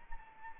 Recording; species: mosquito wingbeat signal from an infrared sensor; Anopheles arabiensis